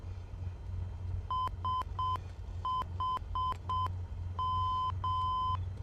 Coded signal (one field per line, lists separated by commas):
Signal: Morse code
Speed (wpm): 7 wpm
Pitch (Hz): 1020 Hz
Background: none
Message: SHM